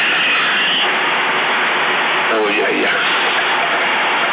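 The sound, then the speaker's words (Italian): An electric fan runs with a steady, even whooshing hiss that stays level throughout, and a brief murmur of a voice rises faintly over it partway through. “Si sente il ventilatore, gà, tutto chiaro chiaro.”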